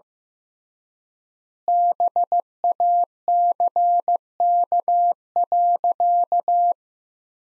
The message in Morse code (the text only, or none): BACK.